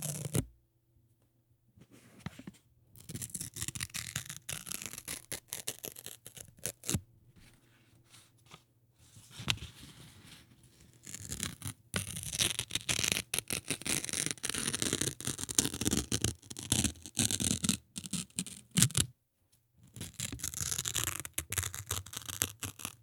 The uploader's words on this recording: ASMR: Tearing Notebook Paper.